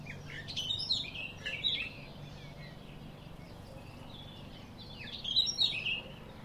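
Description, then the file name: Eurasian blackcap warbling in two bursts of quick, scratchy, varied notes, a pause between them, over a steady low background hum. "Sylvia atricapilla"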